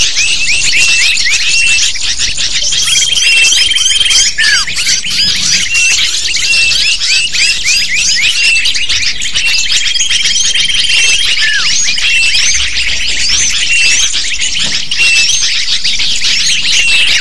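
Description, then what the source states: Lovebirds calling together in a constant high-pitched chatter of squeaks and chirps, some longer whistled notes cutting through. Lure call to attract lovebirds.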